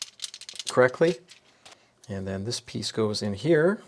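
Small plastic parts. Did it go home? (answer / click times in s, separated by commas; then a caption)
no / none. A loose 3D-printed plastic fidget toy piece, whose hole was enlarged, is worked against its mating part and gives only a series of light plastic rattles in the first half second. Someone talks throughout. The piece never snaps in, and nothing has seated or clicked yet.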